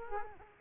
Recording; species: mosquito wingbeat signal from an infrared sensor; Culex quinquefasciatus